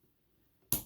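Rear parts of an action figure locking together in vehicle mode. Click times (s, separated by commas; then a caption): 0.7 s. The rear pieces of a plastic transforming action figure in vehicle mode are lined up, with the L-shaped flap kept out of the way, and pressed together. After near silence, a single sharp plastic click sounds at 0.7 seconds and decays quickly. The rear parts lock into place.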